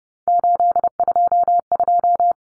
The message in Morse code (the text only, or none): 822